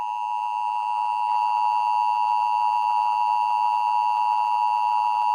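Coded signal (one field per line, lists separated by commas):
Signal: Emergency Alert System (SAME) tones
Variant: 853 and 960 Hz attention tone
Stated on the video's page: Remake of a Tornado Emergency EAS alert for Marshall County, Illinois.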